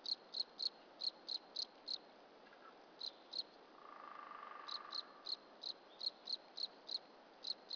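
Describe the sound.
Crickets chirping in high pulsed bursts with a pause midway, while a low steady tone swells and fades in the background.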